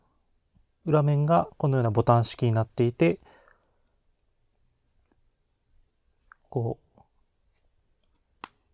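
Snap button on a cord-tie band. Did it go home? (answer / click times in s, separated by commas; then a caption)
yes / 8.4 s. Someone talks, then after a quieter pause with faint handling sounds, the press-stud snap button on the back of a small plastic cord band is pressed closed. It snaps shut with a single sharp click at 8.4 s, seating the button so the band can hold cords.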